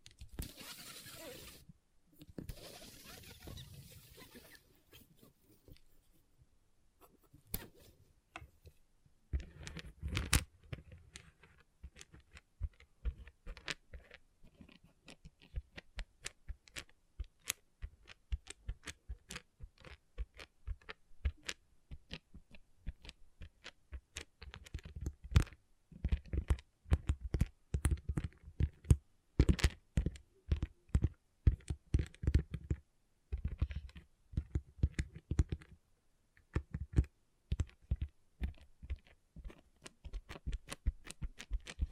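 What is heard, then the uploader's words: Small plastic pixel art beads click and tap in rapid, irregular bursts. It opens with a brief rattling, pouring rush in the first few seconds, then settles into a steady run of sharp, light clicks that grow denser and louder after about 25 seconds. ASMR Relaxing Pixel Art Beads ( No Talking).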